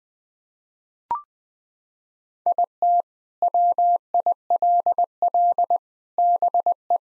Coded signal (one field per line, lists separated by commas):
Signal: Morse code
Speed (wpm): 20 wpm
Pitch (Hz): 700 Hz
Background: none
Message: IT WILL BE